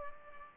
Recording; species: mosquito wingbeat signal from an infrared sensor; Aedes albopictus